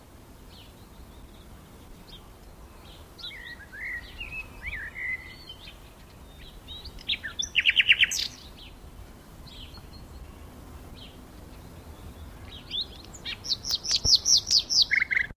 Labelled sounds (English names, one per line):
Common Nightingale song